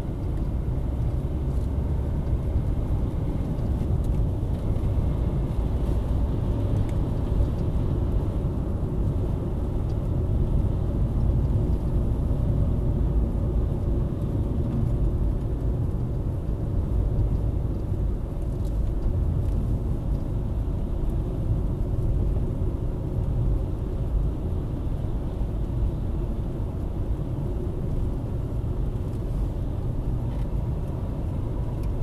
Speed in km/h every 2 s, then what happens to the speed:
51, 56, 61, 63, 65, 61, 57, 54, 53, 51, 51, 47, 51, 50, 46, 47.
0-8 speeds up to 65. 8-21 slows to 47. 21-32 steady at about 47.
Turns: none.